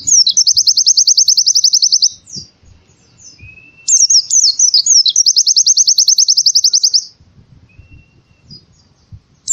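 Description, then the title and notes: Canary delivering two long, fast, rattling trills separated by a short pause with a faint thin whistle. Song used as masteran material for training birds. "Kicauan Kenari Durasi Panjang 1. Masteran Burung Lengkap"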